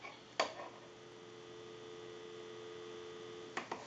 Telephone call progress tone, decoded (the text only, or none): dial tone